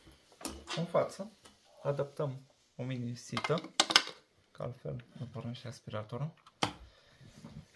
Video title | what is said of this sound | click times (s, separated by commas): Instructaj utilizare si montaj aspirator KIRBI! (am cumparat aspiratorul). Merita? | după care răsucim până face click în | 0.4 s